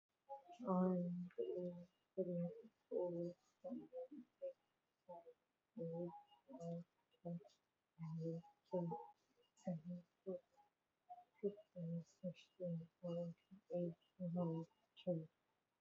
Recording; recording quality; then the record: counting at a normal pace; excellent, no background noise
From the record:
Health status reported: COVID-19 positive, moderate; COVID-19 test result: positive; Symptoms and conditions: cough, cold, fever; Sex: male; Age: 34 years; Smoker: not ticked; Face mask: worn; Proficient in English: no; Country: India